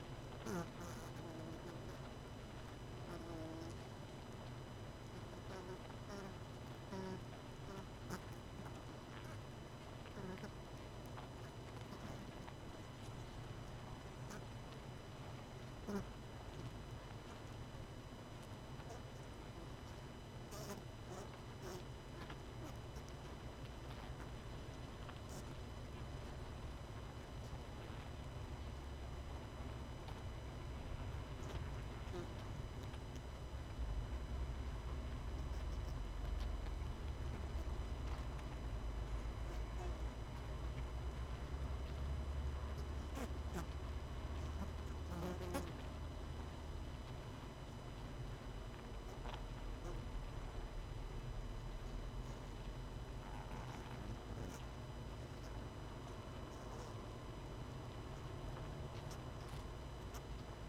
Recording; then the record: honeybee colony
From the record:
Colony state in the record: missing queen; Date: 31 May 2018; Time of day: 19:26